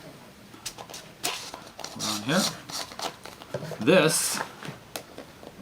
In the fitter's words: clicks right into here